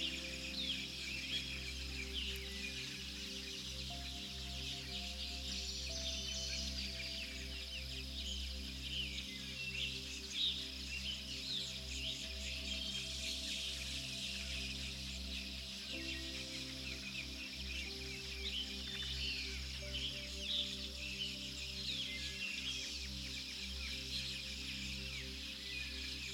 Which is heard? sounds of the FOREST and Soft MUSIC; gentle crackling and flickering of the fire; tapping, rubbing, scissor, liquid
sounds of the FOREST and Soft MUSIC